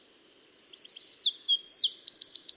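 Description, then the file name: Eurasian wren singing a loud, high-pitched run of sharp whistled notes and quick trills, rising in strength toward the end. "Troglodytes troglodytes"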